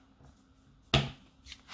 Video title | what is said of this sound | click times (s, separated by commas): Replacing an Amazon Fire HD 8 Tablet Screen 7th gen | You can hear it popping out. | 0.9 s